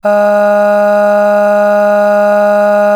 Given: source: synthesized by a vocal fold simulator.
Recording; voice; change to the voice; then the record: sustained vowel; female; aspiration noise (breathiness), level 6 of 10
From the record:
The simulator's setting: 1.12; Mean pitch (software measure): 206 Hz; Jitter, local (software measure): 0.42%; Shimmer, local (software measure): 4.3%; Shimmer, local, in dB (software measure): 0.37 dB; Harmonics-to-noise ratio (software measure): 22.0 dB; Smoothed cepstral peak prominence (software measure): 15.1 dB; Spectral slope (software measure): -21.8 dB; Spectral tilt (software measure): -7.6 dB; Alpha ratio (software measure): -12.2 dB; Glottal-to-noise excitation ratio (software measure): 0.915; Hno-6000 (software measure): 2.1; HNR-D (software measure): 39.3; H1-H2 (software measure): 9.5 dB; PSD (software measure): 1.7e-05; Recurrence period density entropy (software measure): 0.118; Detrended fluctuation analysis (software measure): 0.0274